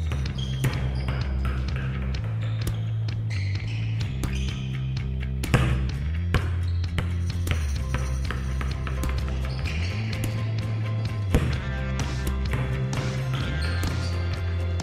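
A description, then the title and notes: Sharp volleyball spikes and ball bounces hit over a dense, steady music bed with a heavy, sustained low end. The impacts come often and fairly regularly, with especially loud smacks around six and eleven seconds, and the overall level stays constant throughout. Volleyball spikes + bounce.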